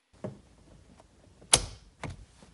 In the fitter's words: should lock into place with a very satisfying click